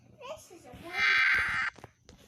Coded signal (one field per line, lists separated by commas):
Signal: Emergency Alert System (SAME) tones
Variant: header bursts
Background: speech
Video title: KSTU TV FOX 13 EAS TEST 2021